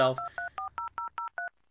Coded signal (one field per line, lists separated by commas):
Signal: DTMF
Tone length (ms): 120 ms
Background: speech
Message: 2340003